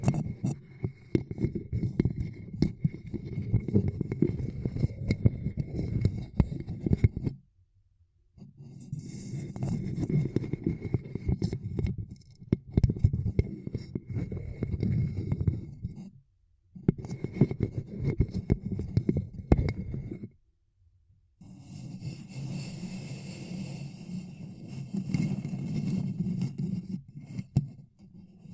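Ear cupping sounds: muffled, low, rumbling rubs and thumps that pulse unevenly, with a faint steady tone underneath. The rubbing comes in four long bursts separated by brief near-silent gaps around 8, 16 and 20 seconds, with brighter hissy rustles at times.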